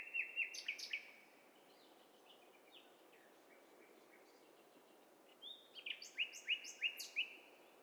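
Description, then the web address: Birdsong mix: bursts of quick, high chirps rapidly repeated at the start and end, several birds overlapping, with a quieter stretch of thin notes between. "STEREO BIRD COCKTAIL PARTY"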